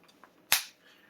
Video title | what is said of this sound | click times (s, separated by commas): I finally got my Kimber LW Arctic | and this one hasn't been apart very many times so you probably heard it snap but now the barrel is locked | 0.5 s